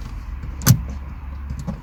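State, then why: Seated. A new driver airbag module is pushed onto the steering wheel of a salvage Audi A5 Black Edition over a steady low hum. It clips home with a sharp click at 0.7 s, followed by a faint tick near 1.6 s. The airbag is confirmed seated.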